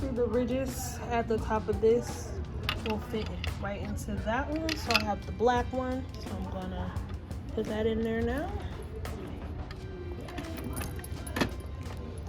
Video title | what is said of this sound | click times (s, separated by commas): Epson et 2720 Printer unboxing - Set up | clicking into place | 11.4 s